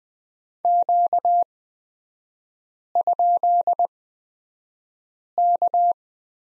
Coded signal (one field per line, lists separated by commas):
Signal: Morse code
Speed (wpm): 20 wpm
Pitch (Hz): 700 Hz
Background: none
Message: Q?K